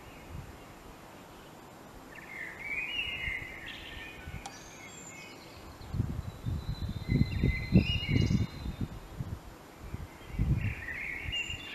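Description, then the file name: Common blackbird song: a warbled fluty phrase early, later higher twitters, while low thumping and rustling sounds fill the second half. "Turdus merula"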